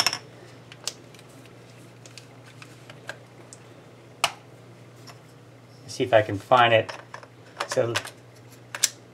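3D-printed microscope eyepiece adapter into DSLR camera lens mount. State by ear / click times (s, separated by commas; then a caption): seated / 8.8 s. A 3D-printed plastic Nikon F-mount microscope eyepiece adapter, made to fit a 23 mm eyepiece, is pressed into the lens mount of a Nikon D3100 DSLR after the lens has been removed. Scattered handling taps and someone talking play over a steady low hum. A pair of quick clicks at about 8.8 s and 8.8 s marks the adapter snapping into the camera body and seating.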